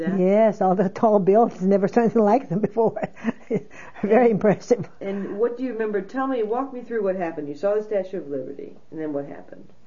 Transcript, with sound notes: Yes, all the tall buildings. I never saw anything like them before. ( she laughs ) Very impressive.
And what do you remember, tell me, walk me through what happened. You saw the Statue of Liberty, and then what happened?